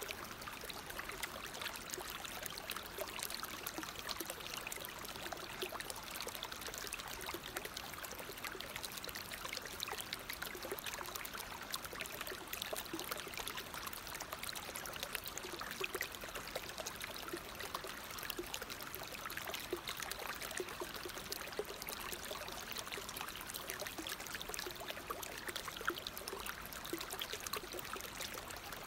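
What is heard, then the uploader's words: Water trickles and flows along a forest river, a dense, steady babble with no pauses. Countless small splashes and gurgles crowd together in a bright wash, with little low rumble underneath. The level holds even throughout. Relaxing Water Sounds And River Flowing In The Forest. Water Trickling.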